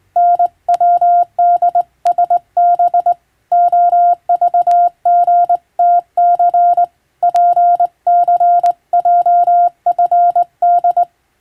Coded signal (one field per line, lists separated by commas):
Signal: Morse code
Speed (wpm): 21 wpm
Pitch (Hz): 700 Hz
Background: none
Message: NWDSB OVGTC PCJFD